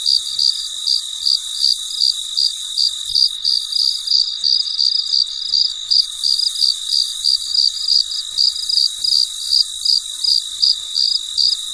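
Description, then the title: Cricket repeating bright high chirps around three per second, accompanied by a steady high-pitched insect drone. Recorded late at night, in quiet surroundings. "深夜录制蟋蟀昆虫声"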